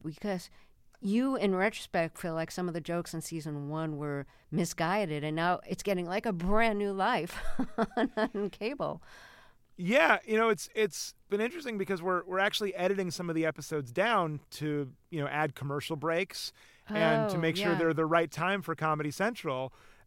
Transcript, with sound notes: because you, in retrospect, feel like some of the jokes in Season 1 were misguided, and now, it's getting like a brand new life (laughter) on cable.
Yeah. You know, it's been interesting because we're actually editing some of the episodes down to, you know, add commercial breaks...
Oh, yeah.
...And to make sure they're the right time for Comedy Central.